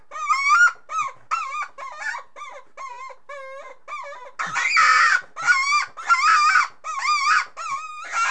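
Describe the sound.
Chicken clucking in a steady series of short nasal, wavering calls, with a few louder, harsher squawks midway.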